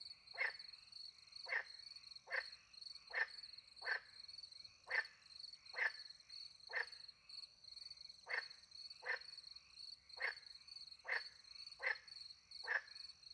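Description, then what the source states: Frog calls, short raspy croaks repeated roughly once a second in a steady series, over a continuous high cricket trill. Frogs with crickets, countryside by night near a little pond, France; microphones hidden in a tree, two Usi pro mics into a Mixpre 10 II recorder.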